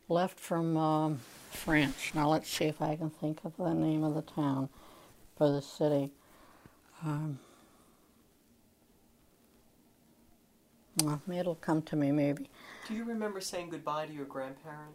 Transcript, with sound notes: left from France. Now, let's see if I can think of the name of the town or the city. [pause] It will come to me maybe.
Do you remember saying goodbye to your grandparents?